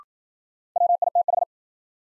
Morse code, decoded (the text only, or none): WITH